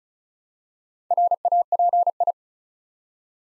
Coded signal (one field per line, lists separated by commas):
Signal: Morse code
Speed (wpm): 36 wpm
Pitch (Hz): 700 Hz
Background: none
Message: RAPI